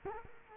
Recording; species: mosquito wingbeat signal from an infrared sensor; Culex quinquefasciatus